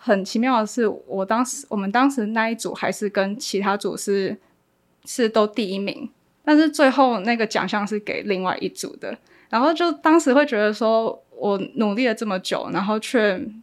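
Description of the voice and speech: An adult woman speaks Mandarin with word repetitions and a stretched, repeated 'I' before a pause: mild stuttering, which runs in her family and worsens under stress.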